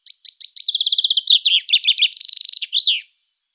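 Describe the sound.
Common chaffinch singing a rattling series of bright notes that shift pitch mid-phrase, then finish with a short flourish; clean, quiet background.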